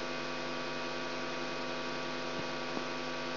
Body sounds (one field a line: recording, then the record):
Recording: brain microelectrode recording played as sound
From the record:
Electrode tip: outside the subthalamic nucleus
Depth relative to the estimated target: -6 mm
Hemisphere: left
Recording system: AlphaMap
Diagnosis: Parkinson's disease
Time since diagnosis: 16 years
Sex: male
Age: 67 years